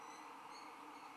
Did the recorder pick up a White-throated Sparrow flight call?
no